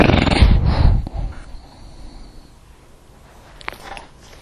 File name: Bulldog Snort